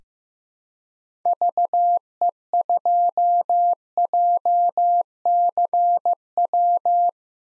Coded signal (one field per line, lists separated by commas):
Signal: Morse code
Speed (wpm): 15 wpm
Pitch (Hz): 700 Hz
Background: none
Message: VE2JCW